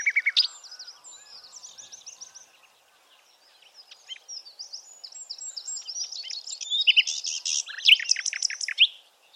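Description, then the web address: Bird chirps and twittering, a loud clear note opening, then a quieter run of high chips, building into a dense, busy burst of sharp notes near the end. "Bird Only"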